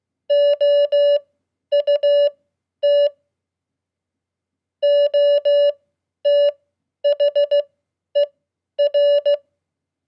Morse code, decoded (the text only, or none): OUT OTHER